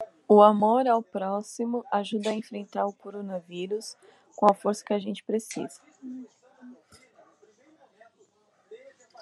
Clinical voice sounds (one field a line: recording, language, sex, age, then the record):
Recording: spoken sentence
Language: Brazilian Portuguese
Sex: female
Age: 30 to 39 years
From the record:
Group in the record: control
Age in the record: 39 years